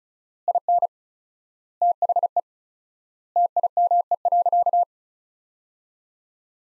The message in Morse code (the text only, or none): IN THE TIME.